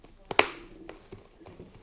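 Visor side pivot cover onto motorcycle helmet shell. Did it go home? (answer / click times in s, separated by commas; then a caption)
yes / 0.3 s, 0.4 s. A visor side pivot cover on the second side of a refurbished Arai Sete Gibernau MotoGP replica motorcycle helmet is pressed back onto the plastic shell. A quieter click at 0.3 s is followed by a sharp, loud snap at 0.4 s as the cover seats firmly in place. A few faint taps follow in the quiet afterward.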